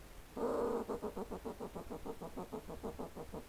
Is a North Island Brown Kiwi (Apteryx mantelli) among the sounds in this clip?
no